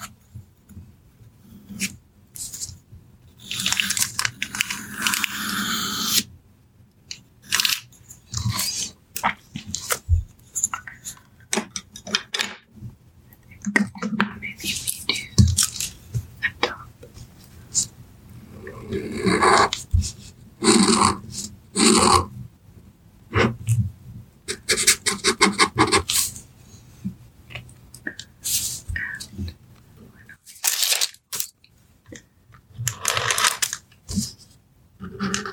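Soft pencil tracing comes in short, scratchy strokes with brief quiet gaps between them, and a longer pause near the thirty-second mark. The strokes are bright and papery, some longer and denser, over a faint low hum.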